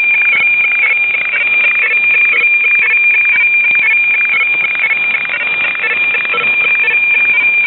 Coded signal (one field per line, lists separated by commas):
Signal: weather fax (radiofax)